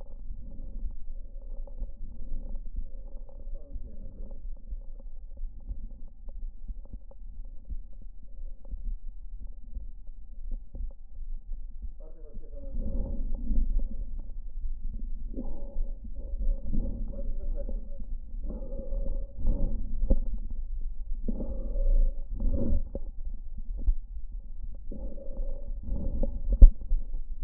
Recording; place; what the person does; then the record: lung sounds by stethoscope; left anterior apical chest; quiet breathing, then deep breathing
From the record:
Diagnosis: interstitial lung disease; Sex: male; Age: 82 years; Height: 158 cm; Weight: 49 kg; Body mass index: 19.6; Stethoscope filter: diaphragm mode